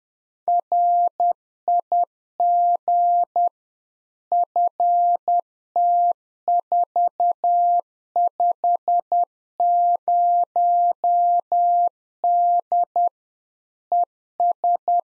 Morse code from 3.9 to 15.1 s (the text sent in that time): FT450D ES